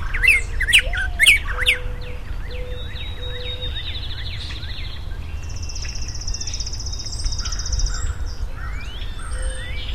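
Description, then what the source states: Bird calls: a burst of sharp, squawking downslurred notes, then a long buzzy trill and scattered thin whistles over a steady low rumble. Unidentified mystery bird recorded in April 2010.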